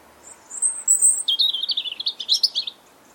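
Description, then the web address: European robin singing one phrase: thin high drawn-out notes sliding into a fast, rapidly repeated twittering trill that wavers in pitch. "Deverinetal 2025 File origin Bird Only Er Ru"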